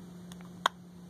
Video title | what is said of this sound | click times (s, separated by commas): Super Edge | a very nice click it's | 0.7 s